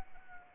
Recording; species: mosquito wingbeat signal from an infrared sensor; Anopheles arabiensis